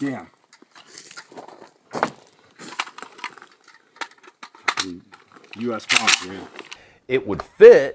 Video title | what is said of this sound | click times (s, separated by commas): Are Polish AK-47s Worth the Money? The WBP Jack Review | but it wouldn't lock into place like this excellent polish magazine that this gun ships with | none